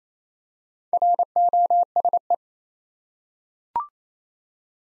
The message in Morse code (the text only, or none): ROSE